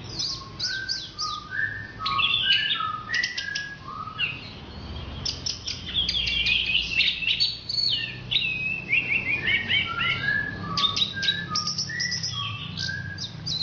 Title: Anis Merah